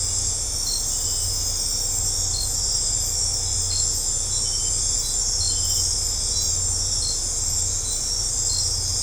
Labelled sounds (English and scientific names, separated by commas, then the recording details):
none
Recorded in secondary vegetation near Puerto Asís, Putumayo, Colombia, on 18 December 2024 at 20:00
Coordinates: 0.502, -76.326
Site G028